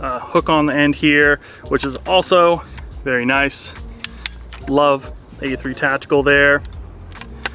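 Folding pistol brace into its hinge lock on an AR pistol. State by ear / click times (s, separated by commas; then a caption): seated / 7.5 s. Someone talks while a folding pistol brace on a 9mm AR pistol (a Bear Creek Arsenal BC-9 with a bufferless side charger and an A3 Tactical brace) is folded into its hinge lock. Sharp metallic clicks sound at around 4.0 and 4.3 seconds. A final sharp click at 7.5 seconds is the brace locking in place.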